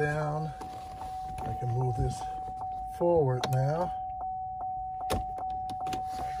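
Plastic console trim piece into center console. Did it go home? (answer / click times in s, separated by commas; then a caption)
no / none. A plastic console trim piece is handled and pushed down into the center console of a 2008-2014 Cadillac CTS sedan or coupe while it is switched from silver to black. Someone talks over a steady high tone and scattered light plastic handling taps. Nothing has seated or snapped in yet.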